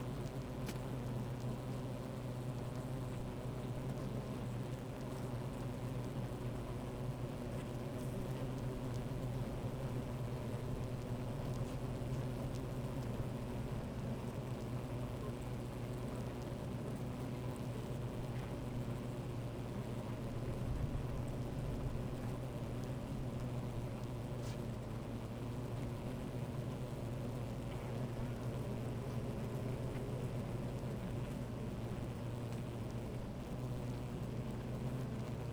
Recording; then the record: honeybee colony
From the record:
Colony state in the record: active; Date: 28 July 2017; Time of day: 13:22